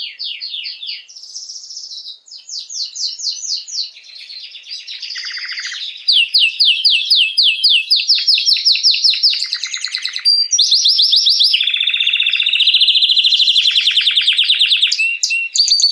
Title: Esquente Seu Filhote E Canario Belga Macho Cantando Muito